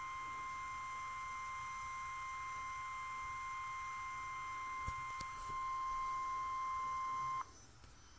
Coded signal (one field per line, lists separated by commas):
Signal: Emergency Alert System (SAME) tones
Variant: 1050 Hz attention tone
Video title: North Carolina Statewide Tornado Drill 2013 - Tornado Warning [EAS #3]